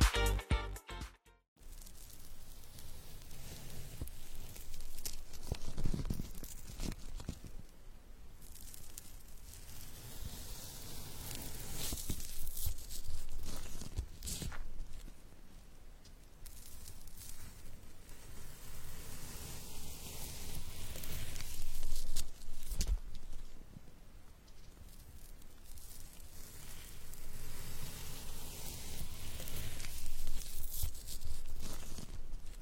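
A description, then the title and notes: A knife cuts through cheesecake, heard as soft, sticky squishing and scraping that runs almost continuously for about half a minute. The sound swells and eases in slow waves, with brighter strokes around 7, 12 and 22 seconds, after a brief knock and pause at the start. Cutting cheesecake.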